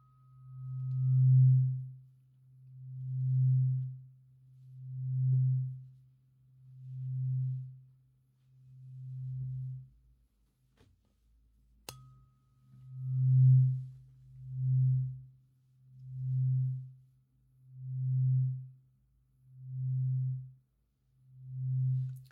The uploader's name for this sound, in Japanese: 音叉/吐息